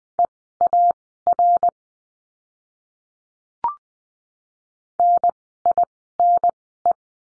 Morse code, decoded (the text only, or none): EAR NINE